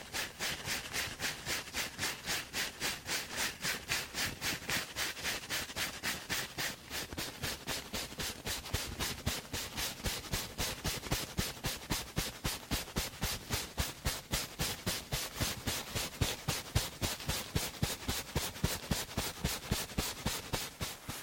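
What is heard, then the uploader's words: Fast, steady tapping and brushing strokes repeat several times per second for the whole stretch, crisp and bright. The rhythm holds even and dense without pauses, with a soft low rustle underneath and no voice. Doing Your Night Skincare Fast & Aggressive (layered sound, tapping, hair brushing, no talking).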